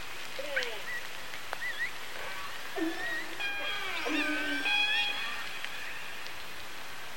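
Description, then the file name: Killer whale calls in a dense jumble of short rising and falling harmonic notes, with occasional clicks. Resident killer whales, matriline I15 of the G-clan, producing pings. "Resident Orca I 15 Pings-G-Clan"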